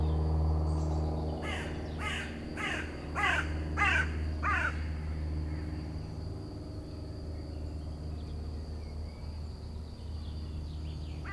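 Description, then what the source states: Rook cawing, a run of six harsh, hoarse calls in quick succession, over a low droning aircraft rumble and a thin steady high tone. Under a magnolia in a park in Tresserve, France, a spot much exposed to aircraft noise.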